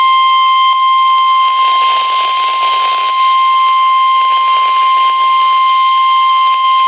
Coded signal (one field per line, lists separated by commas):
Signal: Emergency Alert System (SAME) tones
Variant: 1050 Hz attention tone